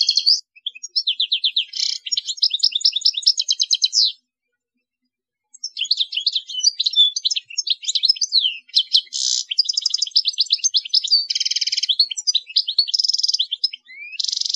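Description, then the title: European goldfinch in full song, long rambling phrases of rapid tinkling trills, twitters and buzzy notes, broken by one short pause. "Chant Chardonneret"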